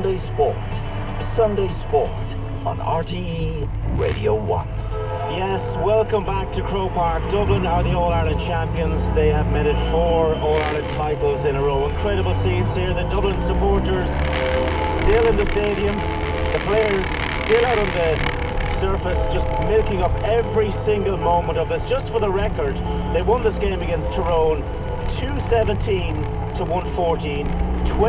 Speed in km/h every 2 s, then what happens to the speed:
0, 0, 0, 5, 14, 18, 28, 25, 21, 18, 20, 18, 19, 25.
0-5 standing. 5-12 pulls away to 28. 12-18 slows to 18. 18-23 steady at about 18. 23-28 speeds up to 25.